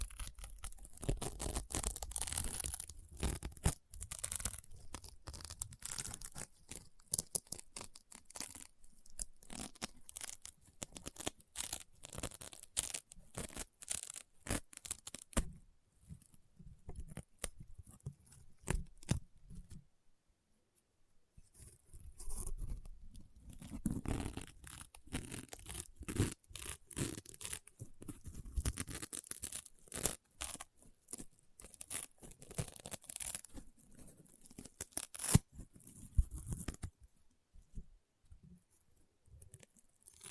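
Crunchy, popping slime being squeezed and pressed, with dense bursts of sharp crackles and pops that come in flurries. The crackling is busiest in the first fifteen seconds and again from about 22 to 37 seconds, with a near-quiet lull around 20 seconds.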